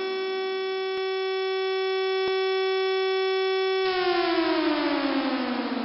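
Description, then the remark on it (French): A civil alert siren sounds its end-of-alert signal: one loud, steady, buzzy tone held at a constant pitch for several seconds, then slowly winding down as the pitch slides lower. “L'alerte est terminée dès que j'entends un nouveau signal des sirènes.”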